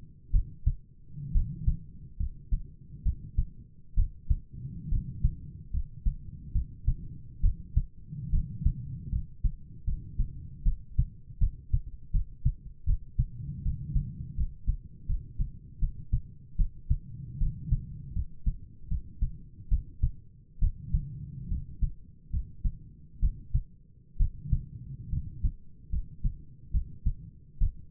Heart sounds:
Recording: heart sounds by stethoscope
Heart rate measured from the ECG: 73 bpm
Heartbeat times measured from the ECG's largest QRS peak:
0.31 s: heartbeat
1.32 s: heartbeat
2.17 s: heartbeat
3.02 s: heartbeat
3.94 s: heartbeat
4.88 s: heartbeat
5.70 s: heartbeat
6.52 s: heartbeat
7.40 s: heartbeat
8.30 s: heartbeat
9.09 s: heartbeat
9.84 s: heartbeat
10.63 s: heartbeat
11.38 s: heartbeat
12.11 s: heartbeat
12.85 s: heartbeat
13.62 s: heartbeat
14.34 s: heartbeat
15.06 s: heartbeat
15.79 s: heartbeat
16.56 s: heartbeat
17.38 s: heartbeat
18.13 s: heartbeat
18.88 s: heartbeat
19.68 s: heartbeat
20.59 s: heartbeat
21.48 s: heartbeat
22.30 s: heartbeat
23.19 s: heartbeat
24.17 s: heartbeat
25.09 s: heartbeat
25.89 s: heartbeat
26.71 s: heartbeat
27.58 s: heartbeat
From the record:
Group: healthy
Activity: rest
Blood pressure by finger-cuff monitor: 110/64 mmHg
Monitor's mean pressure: 75 mmHg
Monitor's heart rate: 70 bpm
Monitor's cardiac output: 7.4 L/min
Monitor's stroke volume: 108 mL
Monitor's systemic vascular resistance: 680 dyn s/cm5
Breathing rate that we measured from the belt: 16 breaths a minute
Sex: male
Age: 22 years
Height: 185 cm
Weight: 112.4 kg

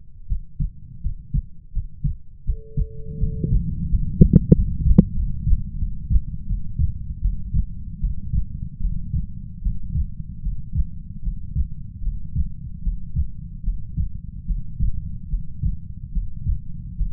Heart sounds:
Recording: heart sounds by stethoscope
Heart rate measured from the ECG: 79 bpm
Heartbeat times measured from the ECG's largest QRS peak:
0.27 s: heartbeat
1.01 s: heartbeat
1.72 s: heartbeat
2.44 s: heartbeat
3.18 s: heartbeat
3.88 s: heartbeat
4.53 s: heartbeat
5.15 s: heartbeat
5.78 s: heartbeat
6.46 s: heartbeat
7.21 s: heartbeat
8.00 s: heartbeat
8.80 s: heartbeat
9.61 s: heartbeat
10.42 s: heartbeat
11.22 s: heartbeat
12.02 s: heartbeat
12.82 s: heartbeat
13.63 s: heartbeat
14.45 s: heartbeat
15.28 s: heartbeat
16.12 s: heartbeat
16.96 s: heartbeat
From the record:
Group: healthy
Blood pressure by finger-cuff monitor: 96/58 mmHg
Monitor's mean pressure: 71 mmHg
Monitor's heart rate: 75 bpm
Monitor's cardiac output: 6.9 L/min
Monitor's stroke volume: 88 mL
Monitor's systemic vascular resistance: 730 dyn s/cm5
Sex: female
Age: 19 years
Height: 163 cm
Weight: 48.9 kg

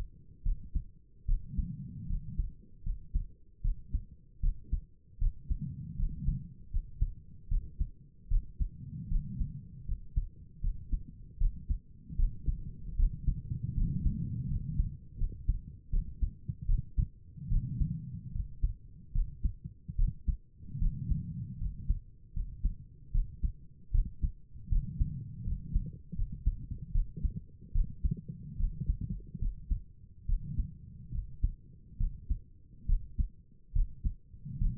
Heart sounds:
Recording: heart sounds by stethoscope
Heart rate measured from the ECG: 76 bpm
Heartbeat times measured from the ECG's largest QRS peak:
0.44 s: heartbeat
1.27 s: heartbeat
2.08 s: heartbeat
2.84 s: heartbeat
3.62 s: heartbeat
4.41 s: heartbeat
5.19 s: heartbeat
5.97 s: heartbeat
6.71 s: heartbeat
7.49 s: heartbeat
8.29 s: heartbeat
9.09 s: heartbeat
9.86 s: heartbeat
10.62 s: heartbeat
11.39 s: heartbeat
12.17 s: heartbeat
12.97 s: heartbeat
13.75 s: heartbeat
14.49 s: heartbeat
15.18 s: heartbeat
15.91 s: heartbeat
16.67 s: heartbeat
17.50 s: heartbeat
18.33 s: heartbeat
19.13 s: heartbeat
19.97 s: heartbeat
20.79 s: heartbeat
21.59 s: heartbeat
22.34 s: heartbeat
23.12 s: heartbeat
23.92 s: heartbeat
24.70 s: heartbeat
25.45 s: heartbeat
26.16 s: heartbeat
26.93 s: heartbeat
27.73 s: heartbeat
28.58 s: heartbeat
29.40 s: heartbeat
30.27 s: heartbeat
31.12 s: heartbeat
31.98 s: heartbeat
32.87 s: heartbeat
33.74 s: heartbeat
34.59 s: heartbeat
From the record:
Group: healthy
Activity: rest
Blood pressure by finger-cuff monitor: 95/63 mmHg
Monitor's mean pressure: 71 mmHg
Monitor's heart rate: 76 bpm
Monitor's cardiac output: 5.8 L/min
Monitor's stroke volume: 76 mL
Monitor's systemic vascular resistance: 890 dyn s/cm5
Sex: female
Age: 22 years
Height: 163 cm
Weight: 67.1 kg

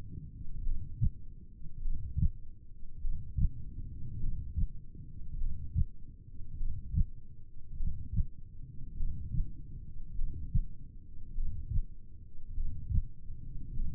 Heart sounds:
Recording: heart sounds by stethoscope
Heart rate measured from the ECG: 50 bpm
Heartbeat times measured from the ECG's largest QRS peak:
0.65 s: heartbeat
1.84 s: heartbeat
3.03 s: heartbeat
4.22 s: heartbeat
5.40 s: heartbeat
6.59 s: heartbeat
7.79 s: heartbeat
8.98 s: heartbeat
10.17 s: heartbeat
11.37 s: heartbeat
12.56 s: heartbeat
13.75 s: heartbeat
From the record:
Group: heart failure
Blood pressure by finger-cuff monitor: 113/64 mmHg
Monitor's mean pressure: 80 mmHg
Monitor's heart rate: 50 bpm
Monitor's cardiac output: 4.3 L/min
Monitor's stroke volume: 85 mL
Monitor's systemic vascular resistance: 1340 dyn s/cm5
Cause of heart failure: cardiac sarcoid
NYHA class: 1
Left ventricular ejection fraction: 39%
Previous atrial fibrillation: present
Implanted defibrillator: present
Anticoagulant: apixaban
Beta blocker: carvedilol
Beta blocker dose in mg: 50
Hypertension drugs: ramipril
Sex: male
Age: 79 years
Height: 184 cm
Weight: 92.5 kg

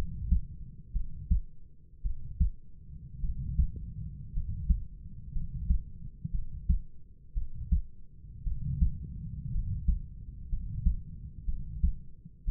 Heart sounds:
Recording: heart sounds by stethoscope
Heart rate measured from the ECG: 57 bpm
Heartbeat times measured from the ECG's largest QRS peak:
0.93 s: heartbeat
2.03 s: heartbeat
3.21 s: heartbeat
4.33 s: heartbeat
5.33 s: heartbeat
6.31 s: heartbeat
7.34 s: heartbeat
8.44 s: heartbeat
9.52 s: heartbeat
10.49 s: heartbeat
11.45 s: heartbeat
12.45 s: heartbeat
From the record:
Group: healthy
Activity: rest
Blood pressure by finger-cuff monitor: 108/55 mmHg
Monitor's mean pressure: 68 mmHg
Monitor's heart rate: 58 bpm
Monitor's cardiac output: 5 L/min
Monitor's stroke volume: 88 mL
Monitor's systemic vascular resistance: 950 dyn s/cm5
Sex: male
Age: 25 years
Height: 170 cm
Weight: 70.4 kg

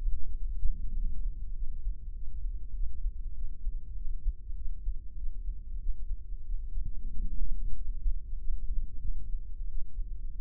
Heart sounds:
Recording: heart sounds by microphone in the left ear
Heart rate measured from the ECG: 96 bpm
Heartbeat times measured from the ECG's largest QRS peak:
0.38 s: heartbeat
0.98 s: heartbeat
1.57 s: heartbeat
2.17 s: heartbeat
2.77 s: heartbeat
3.38 s: heartbeat
3.98 s: heartbeat
4.59 s: heartbeat
5.20 s: heartbeat
5.82 s: heartbeat
6.48 s: heartbeat
7.14 s: heartbeat
7.78 s: heartbeat
8.41 s: heartbeat
9.05 s: heartbeat
9.71 s: heartbeat
10.37 s: heartbeat
From the record:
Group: healthy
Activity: rest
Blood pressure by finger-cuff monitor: 138/74 mmHg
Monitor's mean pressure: 94 mmHg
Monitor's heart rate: 98 bpm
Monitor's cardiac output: 8.1 L/min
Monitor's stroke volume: 83 mL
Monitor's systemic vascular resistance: 860 dyn s/cm5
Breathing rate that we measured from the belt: 18 breaths a minute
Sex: male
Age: 21 years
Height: 175 cm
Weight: 72.6 kg

